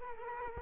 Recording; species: mosquito wingbeat signal from an infrared sensor; Culex quinquefasciatus